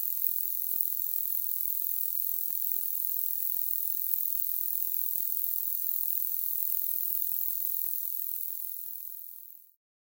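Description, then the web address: Straight-lanced meadow katydid song: an even, very high buzzing hiss that runs steadily, then fades out and stops near the end. "The Songs of Insects. Straight-lanced Meadow Katydid"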